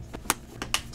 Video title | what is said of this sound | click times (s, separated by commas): TECHVILLA Oscillating Fan with Remote | Snaps into place. | 0.3 s, 0.7 s